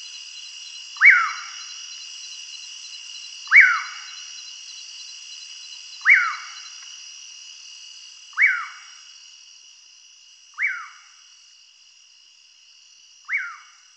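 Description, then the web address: Common Pauraque calls: a sharp, falling whistled note repeated about every two and a half seconds over a steady high hiss. Recorded in the Pantanal; local name curiango. "sescpantanal multimidia curiango"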